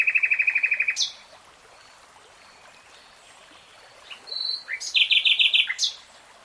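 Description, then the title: Nightingale song: a rapid buzzy trill, a sharp upward flick, then a whistle and a loud rattling burst of repeated notes. Nightingale singing in real time. "[Tiếng chim hót] Nightingale Singing"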